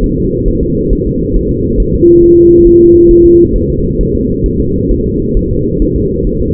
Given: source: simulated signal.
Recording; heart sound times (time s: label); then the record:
fetal heart sounds
0.04 s: S1
0.18 s: S2
0.48 s: S1
0.63 s: S2
0.93 s: S1
1.07 s: S2
1.36 s: S1
1.51 s: S2
1.80 s: S1
1.94 s: S2
2.23 s: S1
2.38 s: S2
2.67 s: S1
2.81 s: S2
3.11 s: S1
3.25 s: S2
3.56 s: S1
3.70 s: S2
4.01 s: S1
4.15 s: S2
4.46 s: S1
4.60 s: S2
4.91 s: S1
5.06 s: S2
5.37 s: S1
5.51 s: S2
5.82 s: S1
5.96 s: S2
6.27 s: S1
6.41 s: S2
From the record:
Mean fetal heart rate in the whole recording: 135 bpm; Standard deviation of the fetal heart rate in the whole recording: 3 bpm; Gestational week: 36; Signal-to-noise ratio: -14.7 dB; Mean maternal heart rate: 72 bpm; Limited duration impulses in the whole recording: present